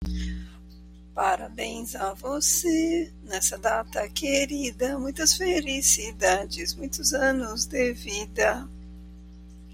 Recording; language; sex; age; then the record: short text; Brazilian Portuguese; female; 50 to 59 years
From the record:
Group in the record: control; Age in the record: 50 years